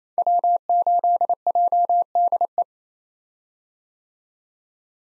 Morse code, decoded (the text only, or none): W8JDE